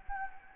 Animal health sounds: mosquito wingbeat signal from an infrared sensor; Anopheles gambiae

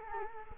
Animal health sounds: mosquito wingbeat signal from an infrared sensor; Culex quinquefasciatus

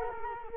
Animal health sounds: mosquito wingbeat signal from an infrared sensor; Culex quinquefasciatus

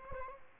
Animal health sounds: mosquito wingbeat signal from an infrared sensor; Aedes albopictus

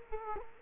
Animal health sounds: mosquito wingbeat signal from an infrared sensor; Culex quinquefasciatus

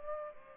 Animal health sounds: mosquito wingbeat signal from an infrared sensor; Culex pipiens

